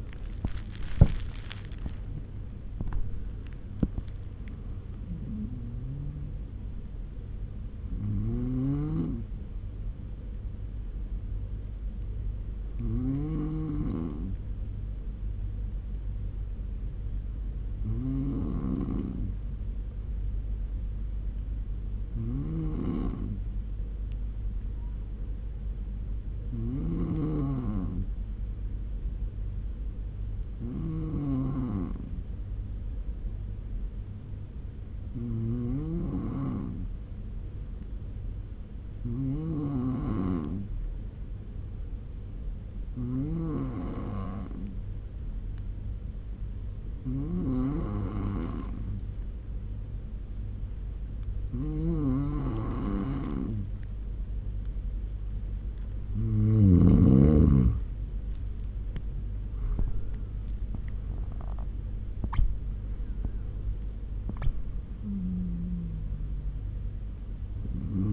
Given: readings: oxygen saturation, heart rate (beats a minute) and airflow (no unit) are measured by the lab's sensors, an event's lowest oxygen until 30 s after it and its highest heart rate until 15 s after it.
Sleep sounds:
breathing in sleep by a smartphone at the bedside; 1
5.00-35.00 s: new sleep stage, N1 (lightest sleep)
16.00-57.20 s: hypopnea (N1, oxygen 97% highest, then 91% lowest, heart rate 71 at the start, 86 highest)
35.00-65.00 s: new sleep stage, N2 (light sleep)
65.00-68.13 s: new sleep stage, N1 (lightest sleep)
From the record:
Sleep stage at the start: N2 (light sleep); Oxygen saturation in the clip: 92 to 97%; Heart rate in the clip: 67 to 86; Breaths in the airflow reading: 15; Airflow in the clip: -11.5 to 13.0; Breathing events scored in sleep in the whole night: 201 in 6.5 hours asleep

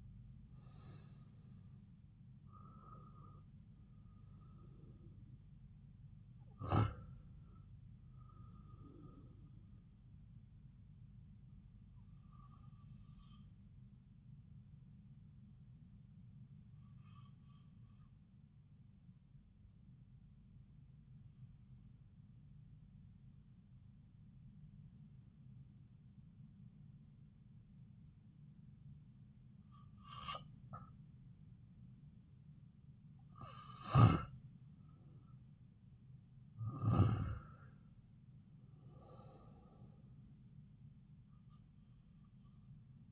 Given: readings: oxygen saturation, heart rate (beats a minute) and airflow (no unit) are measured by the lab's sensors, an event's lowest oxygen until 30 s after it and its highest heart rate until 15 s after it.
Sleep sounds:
breathing in sleep by a smartphone at the bedside; 1
19.00-36.80 s: hypopnea (REM, oxygen 95% highest, then 91% lowest)
From the record:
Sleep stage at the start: REM sleep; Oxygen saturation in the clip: 80 to 95%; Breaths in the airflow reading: 7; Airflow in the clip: -9.8 to 8.6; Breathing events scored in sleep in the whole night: 270 in 6.1 hours asleep

